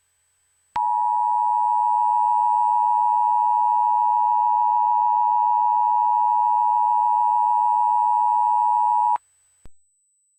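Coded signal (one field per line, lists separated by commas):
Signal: Emergency Alert System (SAME) tones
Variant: 853 and 960 Hz attention tone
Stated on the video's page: Fictional EAS scenario.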